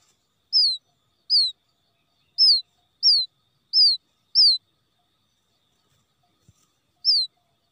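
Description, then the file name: Quail chick calling: a run of high, falling peeps at uneven gaps, then a pause broken by a faint click, then one more peep. Quail chick calling for its mother after becoming lost from the flock. "tieng cut non keu goi me lac dan chuan"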